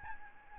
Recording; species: mosquito wingbeat signal from an infrared sensor; Aedes albopictus